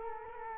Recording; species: mosquito wingbeat signal from an infrared sensor; Culex quinquefasciatus